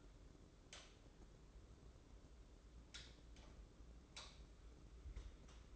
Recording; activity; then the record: daily activity, microphone in the room; light on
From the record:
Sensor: 3